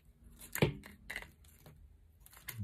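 The hinged terminal section of a plastic surface quick-connect power socket is squeezed shut with pliers over the cable conductors, giving a few sharp plastic clicks and knocks. It snaps and locks at 1.1 s, clamping the cable cores in place.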